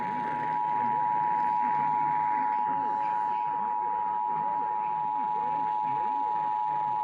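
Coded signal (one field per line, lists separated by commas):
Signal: Emergency Alert System (SAME) tones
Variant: 853 and 960 Hz attention tone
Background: speech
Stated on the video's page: Relayed EAS tests, some failed, one with no attention tone.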